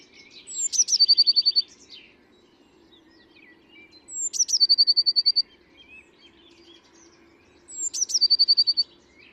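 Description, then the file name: Eurasian blue tit song: three phrases, each a high thin note followed by a rapid even trill, spaced about three and a half seconds apart, with faint twittering between. "Cyanistes caeruleus"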